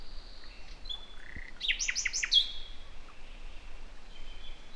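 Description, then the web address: Common nightingale singing a short phrase: soft whistles followed by four loud descending slurred notes, with low background noise. "SETE Luscinia megarhynchos"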